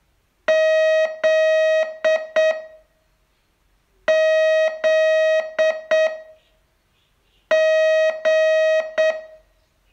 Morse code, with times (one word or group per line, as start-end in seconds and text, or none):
0.5-2.5 Z
4.1-6.1 Z
7.5-9.1 G